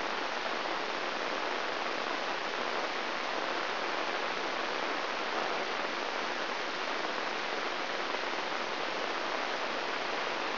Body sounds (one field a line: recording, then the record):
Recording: brain microelectrode recording played as sound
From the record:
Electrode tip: inside the subthalamic nucleus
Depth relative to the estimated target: 0 mm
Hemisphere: left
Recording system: AlphaMap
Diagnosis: Parkinson's disease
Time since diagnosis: 13 years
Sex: male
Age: 63 years